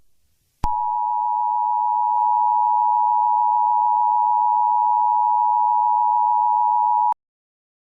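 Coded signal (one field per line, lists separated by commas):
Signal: Emergency Alert System (SAME) tones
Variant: 853 and 960 Hz attention tone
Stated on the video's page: Fictional EAS scenario, simulated rather than a real alert.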